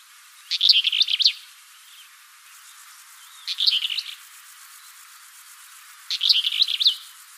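Bird giving three bursts of rapid, high chirps, each about a second long and several seconds apart, over a soft steady hiss.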